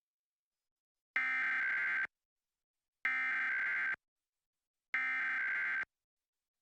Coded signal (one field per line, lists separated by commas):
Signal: Emergency Alert System (SAME) tones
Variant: header bursts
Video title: December 2023 Texas Required Monthly Test (EAS #511-538)